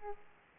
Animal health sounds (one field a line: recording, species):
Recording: mosquito wingbeat signal from an infrared sensor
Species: Aedes aegypti